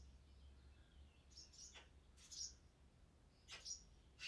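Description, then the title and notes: Swallow chicks give a few high, buzzy chirping bursts separated by pauses, with occasional sharp clicks. Nestlings moving in a nest in a cellar, parents arriving to feed them; Chaussenans, France; nearby; excerpt of a long recording, MixPre-6 II with DPA 4022 ORTF in Cinela Albert. "BB HIRONDELLES CAVE, 39800 Chaussenans, France - BÉBÉ HIRONDELLES NID DANS LA CAVE. NID D'HIRONDELLES DANS LA CAVE EN PROXIMITÉ. Les Bébé bougent dans leur nid et leur parents viennent les nourrir"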